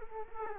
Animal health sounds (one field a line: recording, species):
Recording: mosquito wingbeat signal from an infrared sensor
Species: Culex quinquefasciatus